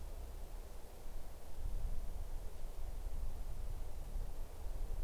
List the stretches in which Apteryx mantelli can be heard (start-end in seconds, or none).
none